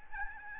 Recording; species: mosquito wingbeat signal from an infrared sensor; Aedes albopictus